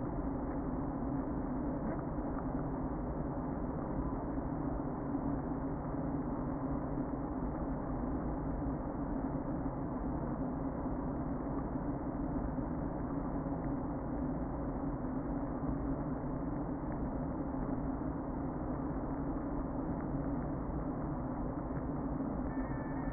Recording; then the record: honeybee colony, microphone inside the hive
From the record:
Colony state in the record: queen present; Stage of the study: before two queens were removed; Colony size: about 60,000 bees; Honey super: yes